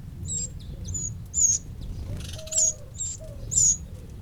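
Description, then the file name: Eurasian wren calling, short high sharp notes about once a second, some falling slightly, with faint lower whistled notes and a low background hum. "Troglodytes troglodytes"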